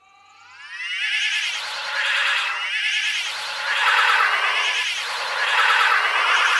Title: Кошка